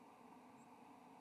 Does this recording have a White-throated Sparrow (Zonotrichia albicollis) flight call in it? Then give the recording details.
no. Another species' flight call is heard. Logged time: 02:09 on 7 November 2014